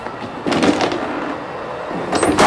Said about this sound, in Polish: Niektórzy powiedzą, że starymi wagonami, ale jak się wczytamy tabliczkę pociągu, to jedziemy Retro Istria Express Vonat. Czyli pociągiem retro. Ma takie stare, skrzypiące drzwi.